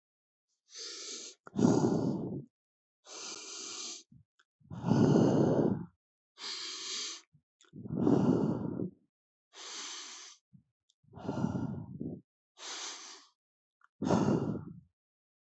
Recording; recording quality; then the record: deep breathing; excellent, no background noise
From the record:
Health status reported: healthy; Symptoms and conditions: none ticked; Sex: male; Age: 35 years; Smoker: not ticked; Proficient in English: yes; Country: India